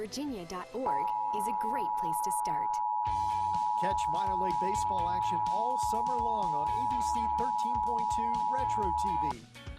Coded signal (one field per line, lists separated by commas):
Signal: Emergency Alert System (SAME) tones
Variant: 853 and 960 Hz attention tone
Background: speech, music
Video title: TV EAS #26 and AM/FM Radio EAS #1 (EAS #36-37): Required Monthly Test, 8/14/15